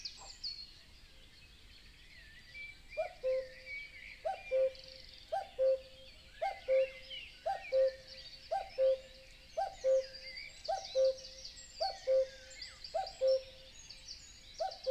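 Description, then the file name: Common Cuckoo song: a falling two-note cu-coo repeated about once a second, set against a busy chorus of high, twittering songbirds. Dawn chorus in a European wetland; stereo binaural. "Nature European-Wetland Dawn-Chorus Cuckoo"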